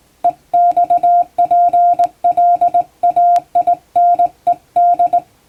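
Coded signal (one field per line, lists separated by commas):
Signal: Morse code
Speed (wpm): 20 wpm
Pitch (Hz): 700 Hz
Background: music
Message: EXPLAINED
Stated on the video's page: Hand-keyed plain-language English Morse sent by a first-class radiotelegraph operator, for amateur radio receiving practice.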